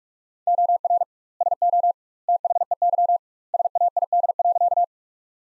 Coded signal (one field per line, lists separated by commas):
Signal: Morse code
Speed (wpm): 46 wpm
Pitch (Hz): 700 Hz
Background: none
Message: OR SO THEY SAID.